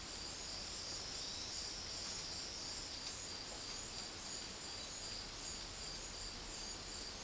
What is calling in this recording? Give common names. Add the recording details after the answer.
none. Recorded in dense forest near Puerto Asís, Putumayo, Colombia, on 21 February 2024 at 11:00. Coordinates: 0.500, -76.322. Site G6465